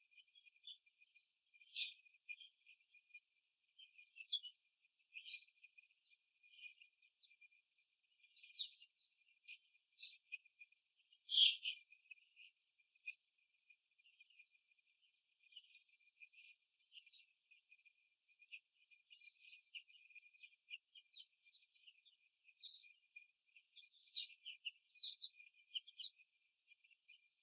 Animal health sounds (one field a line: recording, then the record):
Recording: young laying hens in a cage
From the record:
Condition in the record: before the stressor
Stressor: simulated dog barking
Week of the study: 3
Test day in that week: 1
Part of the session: 1